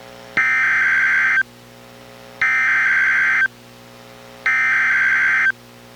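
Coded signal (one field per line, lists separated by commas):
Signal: Emergency Alert System (SAME) tones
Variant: header bursts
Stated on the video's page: Special marine warning relayed by NOAA weather radio station KEC91 in Astoria, recorded directly from a Reecom R-1630 weather radio into a computer microphone jack.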